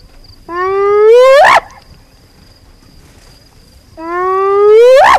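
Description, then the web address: Spotted hyena whooping twice, each call a smooth harmonic-rich rise in pitch ending abruptly, separated by a quiet gap with a thin constant high tone. "earth naturelibrary assets s sp spotted hyena"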